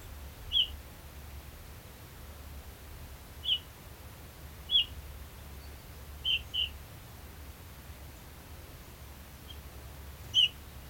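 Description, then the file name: Eurasian bullfinch calls: soft, short piping whistles given singly at irregular intervals, six clear notes including a quick pair, over a faint steady low hum. "Pyrrhula pyrrhula"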